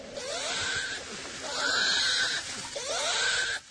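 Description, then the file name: Bear squealing calls, high-pitched harmonic wails rising and falling in three bursts over about four seconds, with a gritty, breathy edge. "Bear - Vocalizations"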